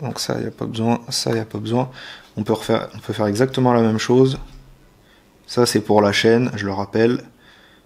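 A small plastic drivetrain part is handled for the differential and chain assembly of a 2016 Kyosho Optima RC car, a part that clips in by itself. Someone talks throughout, with a quiet pause near 4.5–5.5 s. Nothing has seated or clicked yet.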